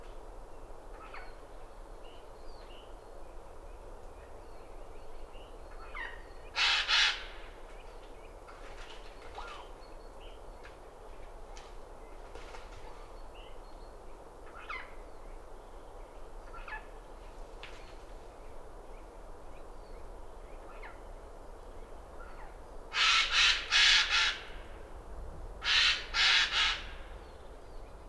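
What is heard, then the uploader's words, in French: Harsh, raspy screeches of a jay burst out near the start and again in a cluster of three toward the end. Between them, faint thin calls of tits come and go over a quiet, steady outdoor background. Val Maravel - Nagra LB - Telinga P7. Un écureuil profite d'une chaude éclaircie pour parcourir son territoire. Mésanges bleues et noires chantent et bien vite un conflit oppose l'écureuil et un geai des chênes.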